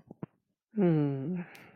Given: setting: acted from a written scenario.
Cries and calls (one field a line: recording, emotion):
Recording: vocal sound without words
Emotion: realization